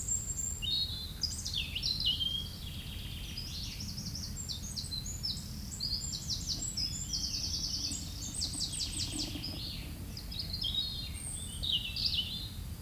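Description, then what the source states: European robin pouring out long, rich, high warbles of trills, squeaks and thin whistles in near-continuous phrases over a low steady rumble. Recorded 9 May 2022 at 09:41.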